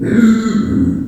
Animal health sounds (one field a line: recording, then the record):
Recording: squeal of a Yucatan mini pig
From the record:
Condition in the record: after surgery on the right vocal fold (resection and tissue-engineered implant)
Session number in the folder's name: 4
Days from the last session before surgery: 26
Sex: female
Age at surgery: 19 weeks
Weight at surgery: 25 kg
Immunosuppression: prednisolone